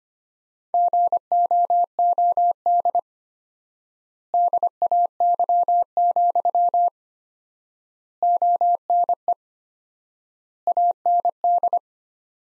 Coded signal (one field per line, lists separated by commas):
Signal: Morse code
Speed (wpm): 25 wpm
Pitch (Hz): 700 Hz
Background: none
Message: GOOD DAY, ONE AND